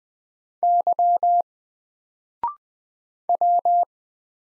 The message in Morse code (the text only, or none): Y W